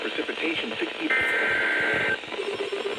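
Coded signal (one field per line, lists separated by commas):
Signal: Emergency Alert System (SAME) tones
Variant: header bursts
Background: speech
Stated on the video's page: Severe Thunderstorm Watch EAS alert received on weather radio station KXI58.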